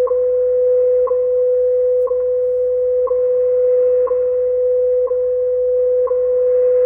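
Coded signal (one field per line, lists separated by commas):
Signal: radio time signal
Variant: WWV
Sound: steady low 500 Hz tone broken by short clicks once every second, seven ticks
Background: faint radio static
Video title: Radio propagation with seasons and the return of WWV on 25000 kHz shortwave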